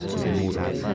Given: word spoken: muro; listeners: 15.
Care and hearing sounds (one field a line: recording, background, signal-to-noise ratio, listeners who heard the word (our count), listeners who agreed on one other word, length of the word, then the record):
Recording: one Spanish word in noise, from a listening test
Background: eight-talker babble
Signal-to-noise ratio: -2.2 dB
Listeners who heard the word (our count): 1 of 15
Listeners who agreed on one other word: 7 of 15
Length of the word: 0.54 s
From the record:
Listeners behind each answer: 7, 2, 1, 1, 1, 1, 1, 1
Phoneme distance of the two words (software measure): 20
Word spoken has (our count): 2 syllables, 4 phonemes, stress on syllable 1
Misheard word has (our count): 2 syllables, 4 phonemes, stress on syllable 1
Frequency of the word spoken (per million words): 24.34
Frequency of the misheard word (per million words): 6.41